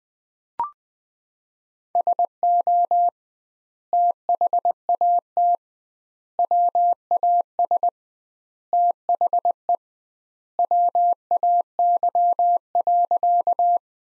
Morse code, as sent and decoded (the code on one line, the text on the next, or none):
... --- / - .... .- - / .-- .- ... / - .... . / .-- .- -.-- .-.-.-
SO THAT WAS THE WAY.